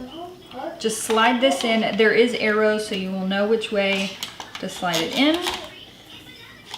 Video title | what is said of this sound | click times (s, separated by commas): How to balance a ZIHYUN CRANE 2 fast! | kind of pump same way just kind of pops on we'll hear it click that's | 6.7 s